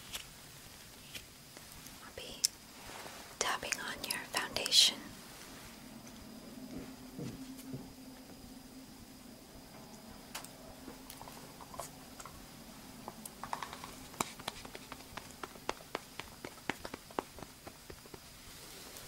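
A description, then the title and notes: Quiet makeup handling with soft brushing and light tapping clicks against a low, steady hum. A denser burst of rustling and taps builds around the middle of the first five seconds, then sparse crisp ticks return, quickening into a rapid series near the end. Slow & Tingly Makeup, Brushing, Face Touch. Layered sounds.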